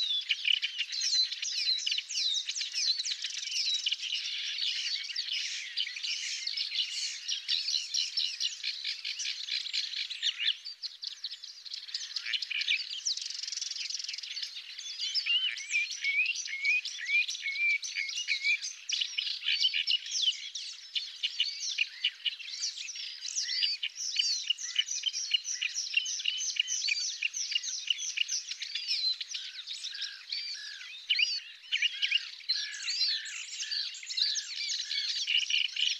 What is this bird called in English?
Paddyfield Warbler